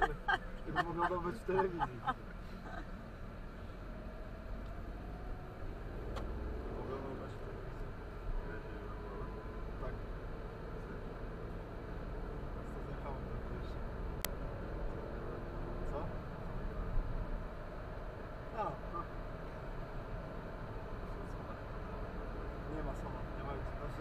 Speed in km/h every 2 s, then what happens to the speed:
20, 21, 29, 38, 41, 47, 52, 57, 58, 60, 62, 66.
2-24 speeds up to 66.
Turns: 0-3.